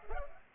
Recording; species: mosquito wingbeat signal from an infrared sensor; Culex pipiens